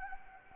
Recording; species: mosquito wingbeat signal from an infrared sensor; Anopheles gambiae